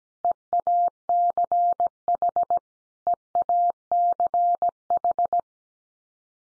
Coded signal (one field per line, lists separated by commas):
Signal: Morse code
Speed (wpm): 17 wpm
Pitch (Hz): 700 Hz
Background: none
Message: EACH EACH